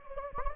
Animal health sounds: mosquito wingbeat signal from an infrared sensor; Anopheles gambiae

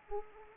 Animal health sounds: mosquito wingbeat signal from an infrared sensor; Anopheles arabiensis

